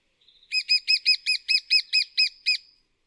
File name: Mažasis Margasis Genys Lesser Spotted Woodpecker - Dryobates minor